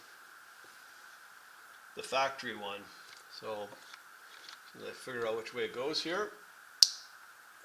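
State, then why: Seated. A fuel controller harness plug is pushed into the factory connector on an XMR 850 ATV while someone talks. After the talking, a single sharp click at 6.8 s shows the connector latching into place.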